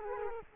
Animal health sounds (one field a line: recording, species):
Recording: mosquito wingbeat signal from an infrared sensor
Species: Culex quinquefasciatus